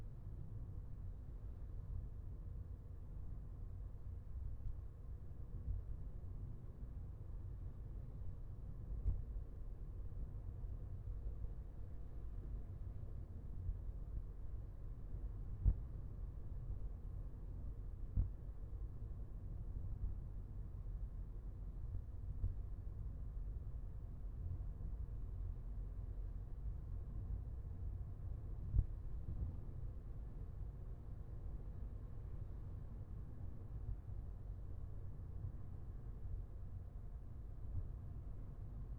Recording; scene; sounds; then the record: everyday scene through a hearing-aid microphone; in a vehicle; engine, traffic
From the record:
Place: Skoda Fabia, gasoline engine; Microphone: behind the ear, left, front